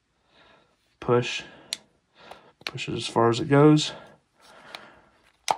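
A black plastic piece is pushed as far as it goes into the rewired iMac lamp shade arm while someone talks, with a few short handling clicks and taps along the way. The clip ends before the part goes home, so nothing has seated or clicked into place yet.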